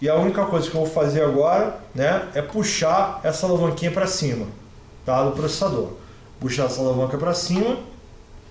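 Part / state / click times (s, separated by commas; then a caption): cooler retention cam lever on CPU cooler mount / not seated / none. A man talks while handling the cam lever on a CPU cooler's retention mount, about to pull it up to lock the cooler down onto the processor. The cooler already sits flat with no play, but the lever has not locked and nothing has seated or clicked yet.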